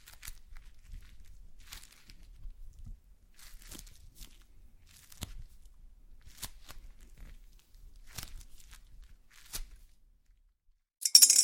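Slime being worked, with soft wet clicks and pops coming every second or so against a low, murmuring rumble. The clicks are sharp and brief, some brighter than others. Near the end the sound drops out, then a sudden louder crackling burst closes the clip.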